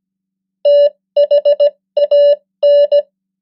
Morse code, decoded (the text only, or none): THAN